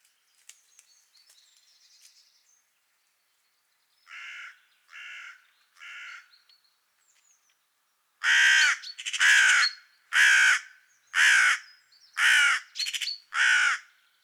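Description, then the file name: Carrion crow with three softer caws, then a loud series of about seven harsh caws roughly a second apart, some with short added notes. "Corvus corone"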